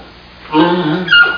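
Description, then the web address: Giant panda bleat: a brief, wavering, harmonic bleating sound that wavers, then rises to a higher strained note at the end. "Micro RD-CD-ROM-Vol 1. panda"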